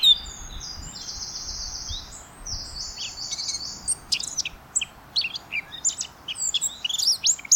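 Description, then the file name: Eurasian blackcap song: a drawn-out buzzy high trill at first, followed by a quick series of sharp chirps and whistled warbling notes. "Sylvia atricapilla"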